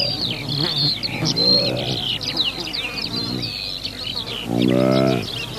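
Saiga antelope gives a loud, low nasal bellow near the end, preceded by quieter grunts, over constant high twittering.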